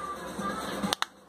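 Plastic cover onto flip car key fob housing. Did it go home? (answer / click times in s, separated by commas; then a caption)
yes / 0.9 s, 1.0 s. A small plastic cover is pressed back onto the housing of a Hyundai flip-key fob (for the HB20, Elantra and ix35) after a battery change, with music playing in the background. Two sharp snaps at 0.9 s and 1.0 s mark the cover clicking shut and seating in place.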